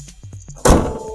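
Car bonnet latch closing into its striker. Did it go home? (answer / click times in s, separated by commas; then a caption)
yes / 0.6 s. A steel bonnet on a 2023 Hyundai Creta SUV is dropped shut after the coolant and washer fluid reservoirs were shown, and its own weight carries it closed. A few faint taps lead up to one loud thud-click at 0.6 s as the latch catches the striker, followed by a fading ring. The bonnet is confirmed locked. No one talks during the clip.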